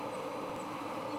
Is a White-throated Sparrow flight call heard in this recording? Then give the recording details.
no. No flight call is heard. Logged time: 10:43 on 23 September 2014